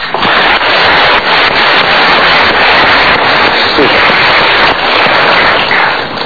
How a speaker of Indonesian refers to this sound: Baik, terima kasih. Silakan kembali ke tempat. Kita berikan tepuk tangan.